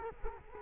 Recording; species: mosquito wingbeat signal from an infrared sensor; Culex quinquefasciatus